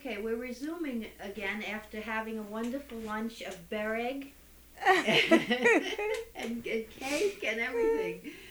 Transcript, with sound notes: We're resuming again, after having a wonderful lunch of bereg ( they laugh ) And cake and everything.